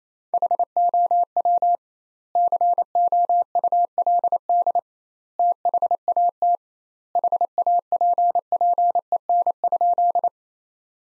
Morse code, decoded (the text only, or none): HOW COULD THAT HAPPEN?